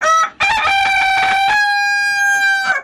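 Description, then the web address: Bird giving a loud, harsh crowing call: a brief opening note, then a long, strained, held cry lasting over two seconds before it breaks off. "hekunu bird"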